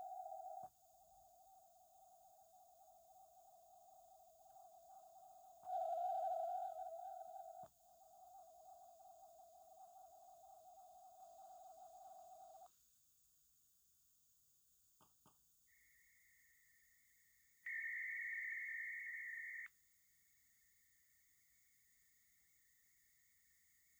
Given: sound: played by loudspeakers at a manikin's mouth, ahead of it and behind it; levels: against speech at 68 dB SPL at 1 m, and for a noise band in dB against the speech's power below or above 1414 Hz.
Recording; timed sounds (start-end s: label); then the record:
test signals for a remote microphone
0.00-0.66 s: noise band at 707 Hz, +22 dB
0.66-5.66 s: noise band at 707 Hz, -13 dB
5.66-7.66 s: noise band at 707 Hz, +22 dB
7.66-12.66 s: noise band at 707 Hz, -13 dB
15.04 s: click
15.29 s: click
15.66-17.66 s: noise band at 2000 Hz, -13 dB
17.66-19.66 s: noise band at 2000 Hz, +22 dB
19.66-24.00 s: noise band at 2000 Hz, -13 dB
From the record:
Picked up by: remote receiver E, fed by microphone B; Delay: 43 ms